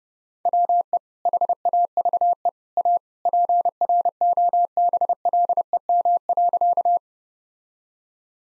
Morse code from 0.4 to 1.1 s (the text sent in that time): WE